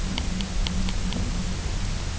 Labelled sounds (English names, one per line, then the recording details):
none
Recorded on Arctic tundra, site UTQI-0, on 22 June 2018
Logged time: 18:00